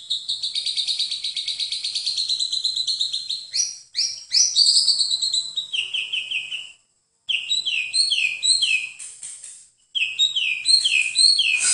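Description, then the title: White-rumped shama song: a rapid trilled run of high notes, then quick repeated downslurred whistles and chips in several bursts with short pauses between. "MURAI BATU"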